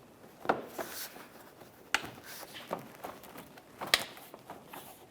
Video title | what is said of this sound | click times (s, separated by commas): How to Replace Fog Light Hole Covers 2012-2018 Nissan Altima | should hear a click from all the way around on this | 0.5 s, 2.0 s, 3.9 s